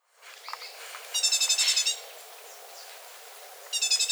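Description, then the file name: Great tit churring: a rapid, harsh pulsed rattle lasting under a second, followed after a pause by a second similar burst. "Parus major"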